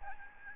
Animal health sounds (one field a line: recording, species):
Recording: mosquito wingbeat signal from an infrared sensor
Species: Aedes albopictus